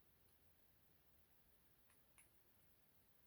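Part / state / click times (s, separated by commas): plastic core sections of a transforming toy joining together / not seated / none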